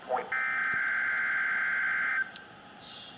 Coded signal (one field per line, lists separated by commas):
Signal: Emergency Alert System (SAME) tones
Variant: header bursts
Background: speech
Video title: LifeGear LGSAME08 & Eton ZoneGuard+ Required Weekly Test EAS | NOAA Weather Radio WXK24 (2/23/23)